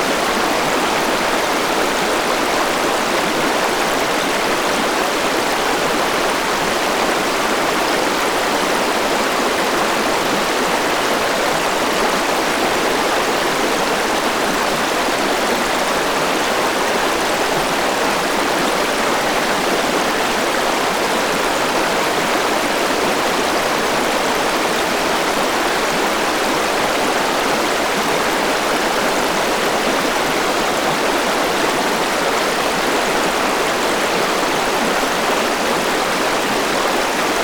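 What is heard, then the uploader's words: Rushing river water near rapids, a dense, unbroken hiss and roar that holds steady for the whole stretch. The sound is full and bright, with little deep rumble, and no separate splashes or other sounds stand out from the constant flow. Approaching the Rapids.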